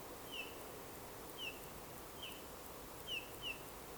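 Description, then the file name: Eurasian bullfinch giving soft, piping descending call notes, five short whistles spaced irregularly over four seconds against a steady background hiss. "Pyrrhula pyrrhula"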